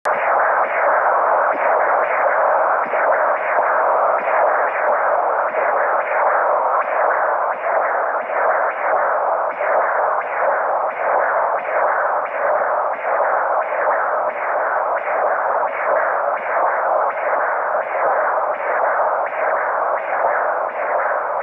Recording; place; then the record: Doppler ultrasound of blood flow; carotid artery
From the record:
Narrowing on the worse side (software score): occlusion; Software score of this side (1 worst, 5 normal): 1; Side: right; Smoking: never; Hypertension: yes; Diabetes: type 1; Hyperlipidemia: yes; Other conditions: anemia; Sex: female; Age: 77 years